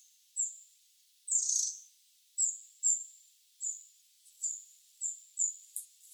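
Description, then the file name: Eurasian wren calls: short, sharp, high ticking notes given singly at uneven intervals, several in all, with one harsher, longer note near the start. "Troglodytes troglodytes"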